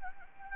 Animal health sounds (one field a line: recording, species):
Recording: mosquito wingbeat signal from an infrared sensor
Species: Anopheles gambiae